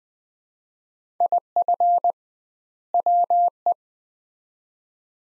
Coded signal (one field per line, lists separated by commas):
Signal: Morse code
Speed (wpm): 20 wpm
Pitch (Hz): 700 Hz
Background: none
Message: IF WE